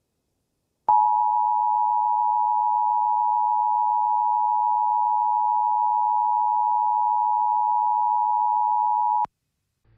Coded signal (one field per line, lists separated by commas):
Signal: Emergency Alert System (SAME) tones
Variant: 853 and 960 Hz attention tone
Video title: EAS Mock: The Night Chicago Died